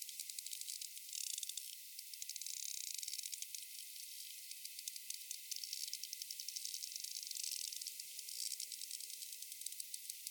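Sperm whale rapid clicks: nearly continuous crackling click trains over a constant hiss.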